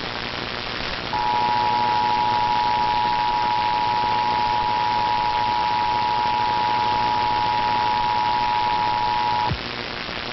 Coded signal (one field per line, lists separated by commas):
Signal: Emergency Alert System (SAME) tones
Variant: 853 and 960 Hz attention tone